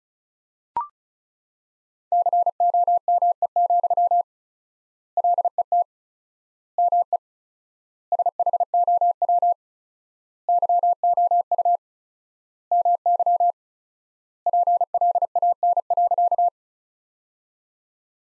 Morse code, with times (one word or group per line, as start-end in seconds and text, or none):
2.1-4.2 COME,
5.2-5.8 LET
6.8-7.2 ME
8.1-9.5 SHOW
10.5-11.8 YOU
12.7-13.5 MY
14.5-16.5 PLAN.